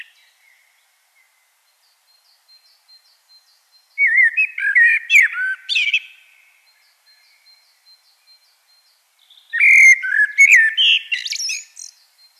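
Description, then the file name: Common blackbird song: two separate phrases a few seconds apart, each a mellow warbled whistle breaking into high, squeaky twittering. "Turdus merula"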